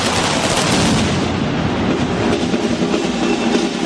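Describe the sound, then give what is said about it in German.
A firework rocket set off by a fire devil performer at Plaza San Jaume, Barcelona, during a street demonstration, goes off in a loud, dense burst of crackling and hissing that roars steadily for the whole few seconds, with rapid popping textures and no voices. “Der Feuerteufel macht gerade eine explosionsartige Rakete los.”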